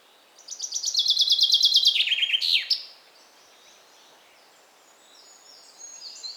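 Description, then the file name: Common chaffinch song: a bright trill of repeated notes falling in steps into a short descending flourish, lasting about two and a half seconds, then quiet with faint chirps. "Fringilla coelebs"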